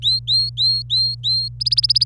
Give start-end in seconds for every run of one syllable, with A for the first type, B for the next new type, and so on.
0.02-1.48 A, 1.60-2.04 B